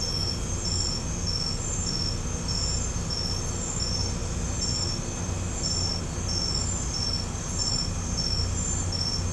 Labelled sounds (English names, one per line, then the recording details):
none
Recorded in pastures near Puerto Asís, Putumayo, Colombia, on 16 December 2024 at 01:30
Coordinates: 0.505, -76.324
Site G063